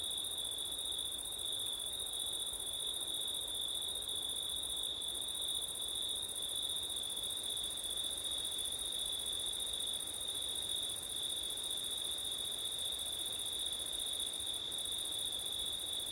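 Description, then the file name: Cricket chorus droning continuously, a high steady trill and an even higher rapid pulsing layer that drops out briefly twice, across sixteen seconds. Crickets on a September night in wind, recorded with an ORTF stereo setup. "crickets wind september night ortif"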